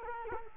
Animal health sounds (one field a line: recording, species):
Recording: mosquito wingbeat signal from an infrared sensor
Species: Culex quinquefasciatus